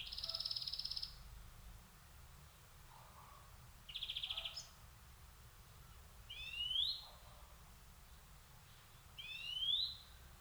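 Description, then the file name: European greenfinch opening with a long, high, even buzz, then a short buzzy trill, followed by two nasal, upslurred wheezes a few seconds apart. "Chloris chloris"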